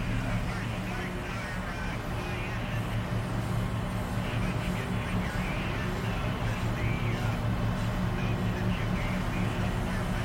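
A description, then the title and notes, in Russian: Shuttle cabin ambience: a constant low machine hum with steady droning tones, dense rumbling texture, and faint murmuring voice-like chatter throughout. Атмосфера Кабины Шаттла.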